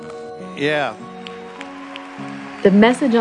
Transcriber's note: applause and cheers